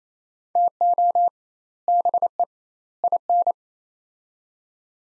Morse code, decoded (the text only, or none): TO BE IN